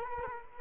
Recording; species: mosquito wingbeat signal from an infrared sensor; Culex quinquefasciatus